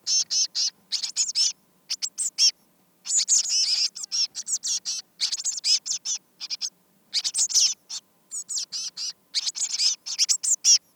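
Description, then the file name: Eurasian blue tit calls, quick high chirps strung into busy twittering runs, pausing briefly now and then before starting again. "Cyanistes caeruleus"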